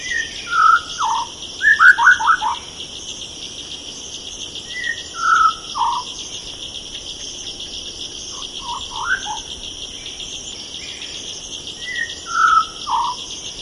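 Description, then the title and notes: White-rumped shama singing rich whistled phrases in bursts spaced several seconds apart, notes sliding up and down, with a constant high-pitched drone behind. Song described as melodious. "Murai Juara. Suara burung murai merdu"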